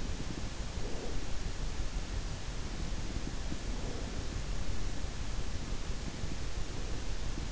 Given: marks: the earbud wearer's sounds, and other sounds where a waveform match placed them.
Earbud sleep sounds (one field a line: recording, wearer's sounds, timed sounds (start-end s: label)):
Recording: sounds in sleep by an in-ear microphone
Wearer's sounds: breath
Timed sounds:
0.50-1.77 s: breath
3.57-4.45 s: breath